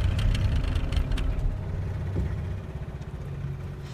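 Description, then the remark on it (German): A failing boat engine runs roughly, a deep uneven rumble with irregular knocks and sputters early on, continuing fairly loud and unsteady throughout with no voices. “Scheiß Boot, verdammt! Was? Motorschaden?”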